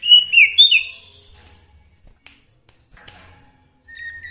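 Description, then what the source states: Sooty-headed bulbul song: one short phrase of two bubbly, slurred whistles, followed by quiet with scattered clicks and a soft whistle at the end. Song with full variations, used for training songbirds (masteran).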